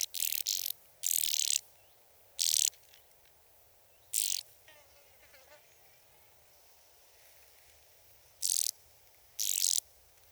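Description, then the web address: Band-winged grasshopper giving dry, rasping bursts, some clustered close together and others spaced several seconds apart, with quiet gaps between. "Sissonne Environnement Oedipode"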